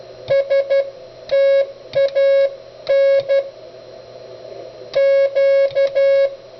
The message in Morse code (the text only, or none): STAN Q